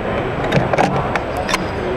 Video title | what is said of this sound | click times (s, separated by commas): Raven Introduces SmarTrax MD System | just latches in like that | 1.2 s